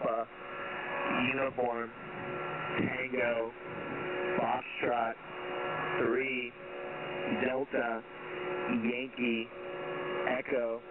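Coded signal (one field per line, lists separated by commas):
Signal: coded military voice message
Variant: HFGCS Emergency Action Message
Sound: male voice over radio reading phonetic letters and numbers, evenly paced, with background hum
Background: radio hum and static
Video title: US Emergency Action Messages – November 12+13 2022 – callsigns TRUNNION+OUTNUMBER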